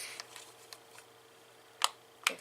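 The tabs at the back of a Dollar Tree lantern part are slid into the lantern body, with a few faint ticks and rustles early on. Two sharp clicks follow at 1.8 s and 2.3 s as the tabs lock into place, and the part is seated.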